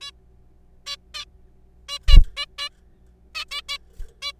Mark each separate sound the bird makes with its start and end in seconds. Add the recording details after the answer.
0.01-0.11, 0.86-0.95, 1.14-1.25, 1.89-1.98, 2.08-2.18, 2.37-2.46, 2.58-2.69, 3.35-3.45, 3.51-3.61, 3.69-3.78, 4.22-4.32. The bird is a juvenile. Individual R3428